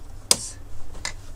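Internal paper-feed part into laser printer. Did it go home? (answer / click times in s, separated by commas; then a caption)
yes / 0.3 s, 1.1 s. An internal paper-feed part is pushed back into position while reassembling the paper feed area of a laser printer. A sharp, bright click sounds at 0.3 s, followed by a softer second click at 1.1 s. The part clicks into place and is seated.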